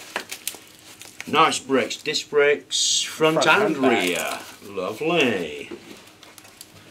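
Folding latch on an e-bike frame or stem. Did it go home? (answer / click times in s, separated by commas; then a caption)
no / none. A folding frame or stem latch on an ADO A20 folding e-bike is handled during unboxing, with short crinkling and handling taps near the start and end while someone talks. The latch has not locked into place yet; nothing has seated or clicked.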